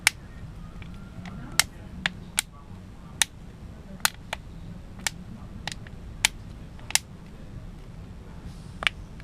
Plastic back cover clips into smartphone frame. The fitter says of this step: שאנחנו שומים כל קליק אנחנו יודעים שזה נכנס כמו שצריך הכל